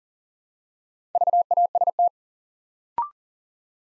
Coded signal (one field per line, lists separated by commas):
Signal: Morse code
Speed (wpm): 40 wpm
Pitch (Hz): 700 Hz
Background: none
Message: VAST